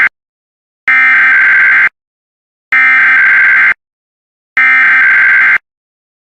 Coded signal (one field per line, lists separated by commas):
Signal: Emergency Alert System (SAME) tones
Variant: header bursts